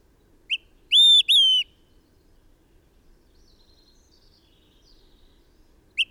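Bird song phrase: short note, then two clear sustained whistles, followed by faint chirps and another short note at the end.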